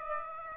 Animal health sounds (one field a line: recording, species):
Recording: mosquito wingbeat signal from an infrared sensor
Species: Aedes aegypti